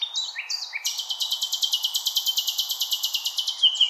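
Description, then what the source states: Common nightingale song: a few quick slurred notes opening into a fast, even, buzzing trill of repeated notes. Recorded 16 April 2021.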